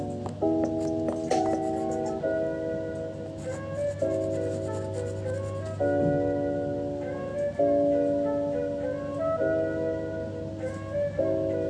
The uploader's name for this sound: bg music and scribbling sounds